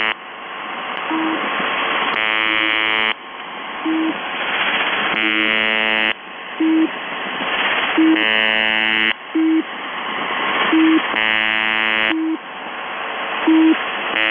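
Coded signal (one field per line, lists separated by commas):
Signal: channel marker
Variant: UVB-76 (The Buzzer)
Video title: The Buzzer/UVB-76(4625Khz) January 4, 2022 channel marker transition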